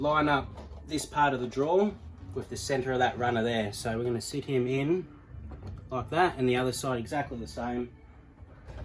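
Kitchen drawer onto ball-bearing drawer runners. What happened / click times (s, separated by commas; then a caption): Handled, not yet seated: no click from the drawer runners / none. A motorhome kitchen drawer is being lined up on its ball-bearing drawer runners, one side and then the other, while someone talks throughout. Nothing has clicked or seated onto the runners yet by the end of the clip.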